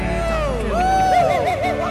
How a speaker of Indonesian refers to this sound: Luar biasa, tepuk tangan